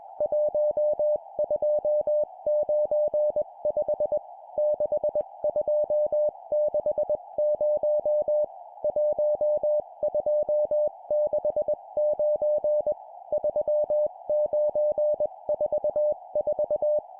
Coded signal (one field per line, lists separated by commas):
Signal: Morse code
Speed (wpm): 20 wpm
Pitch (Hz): 600 Hz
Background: music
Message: 1295 6260 1269 3944